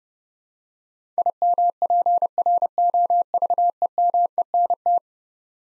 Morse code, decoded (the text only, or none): IMPROVEMENT